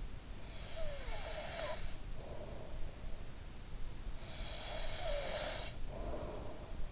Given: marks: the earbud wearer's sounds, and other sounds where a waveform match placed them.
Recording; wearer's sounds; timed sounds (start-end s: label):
sounds in sleep by an in-ear microphone; breath
0.35-3.27 s: breath
4.07-6.92 s: breath